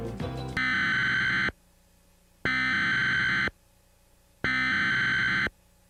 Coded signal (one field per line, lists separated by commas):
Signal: Emergency Alert System (SAME) tones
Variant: header bursts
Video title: Emergency Alert System (EAS) | Sample | Western MA, 1999 - 2000